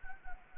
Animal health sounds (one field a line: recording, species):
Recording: mosquito wingbeat signal from an infrared sensor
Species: Anopheles gambiae